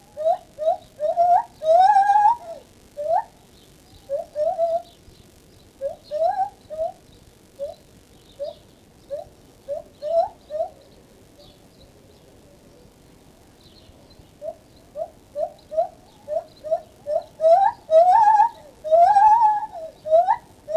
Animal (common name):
Lar Gibbon